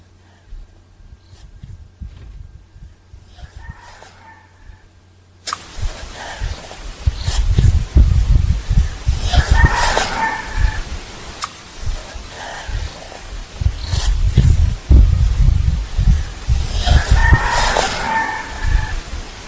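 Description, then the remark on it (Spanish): A rooster crows three times at roughly even intervals, its tuneful, wavering call sitting faintly over a steady wash of outdoor noise and low rumbling. “Y con el gallo de fondo, efectivamente.”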